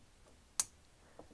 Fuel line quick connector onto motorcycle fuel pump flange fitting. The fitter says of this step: once you get that in there then you'll notice listen here click